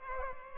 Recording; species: mosquito wingbeat signal from an infrared sensor; Culex pipiens